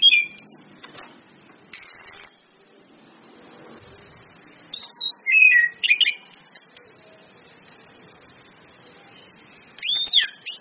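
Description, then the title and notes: Orange-headed thrush song: three separate bursts of fast, tumbling whistled notes spaced several seconds apart, with quiet background between. Indonesian bird-training lure recording of anis kembang in ngeplong song style, mixed with female whistles (suitan betina), meant to make birds sing vigorously (gacor); used as masteran tutor audio. "Anis Kembang 5. PANCINGAN anis kembang ngeplong dan SUITAN BETINA. Masteran Anis Kembang"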